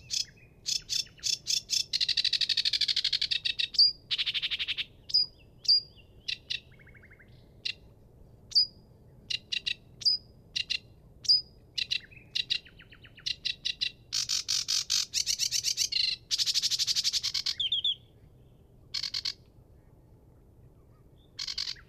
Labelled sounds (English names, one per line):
Sedge Warbler song